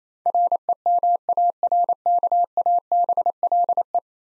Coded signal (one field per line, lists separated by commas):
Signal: Morse code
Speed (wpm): 28 wpm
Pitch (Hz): 700 Hz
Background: none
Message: REMARKABLE